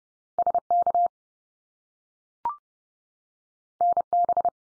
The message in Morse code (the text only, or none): SK NB